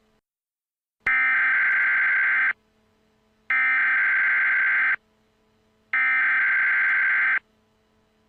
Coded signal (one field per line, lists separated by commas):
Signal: Emergency Alert System (SAME) tones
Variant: header bursts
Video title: New Year 2026 EAS Scenario